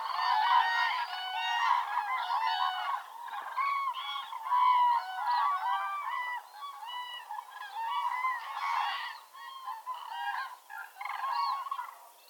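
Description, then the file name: Common cranes call together in a steady chorus of many overlapping, rolling trumpeted notes that rise and fall in loudness throughout. Calls recorded on the Baltic Sea coast on 1 November 2014. "Kranich Grus grus. Ostsee"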